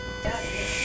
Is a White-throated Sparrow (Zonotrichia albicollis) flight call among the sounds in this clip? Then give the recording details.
no. No flight call is heard. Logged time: 00:24 on 3 September 2014